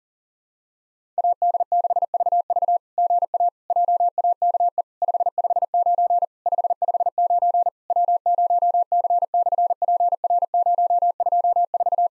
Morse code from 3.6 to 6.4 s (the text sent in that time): JAKE 559